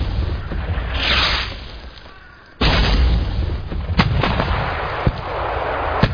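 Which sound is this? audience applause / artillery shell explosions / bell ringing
artillery shell explosions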